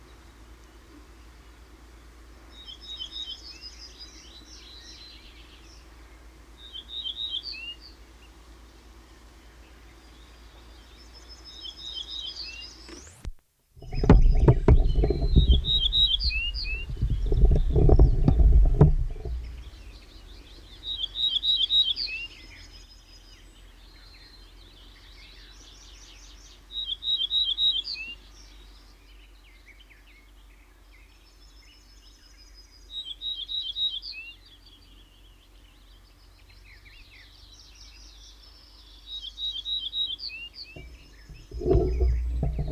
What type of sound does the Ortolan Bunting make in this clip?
song